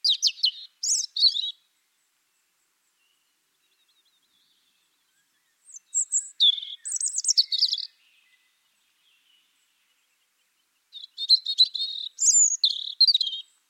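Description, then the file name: European robin singing three separate high, thin phrases of warbled and trilled notes, each lasting about one and a half to two and a half seconds, with long silent pauses between them. "Erithacus rubecula"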